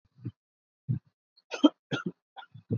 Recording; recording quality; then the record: shallow voluntary cough; moderate, slight background noise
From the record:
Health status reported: exposed to COVID-19, no respiratory illness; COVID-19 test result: negative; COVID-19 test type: RT-PCR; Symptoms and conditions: cough, fatigue, muscle pain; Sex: female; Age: 27 years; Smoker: no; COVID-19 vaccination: both doses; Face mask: worn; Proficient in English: yes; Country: India